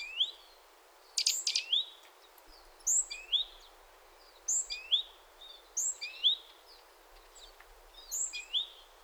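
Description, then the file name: Great tit calling with upslurred whistled notes given in twos and threes at irregular intervals, plus a brief buzzy burst early on, against light hiss. "Parus major"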